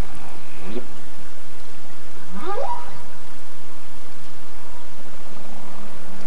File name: humbpack whale song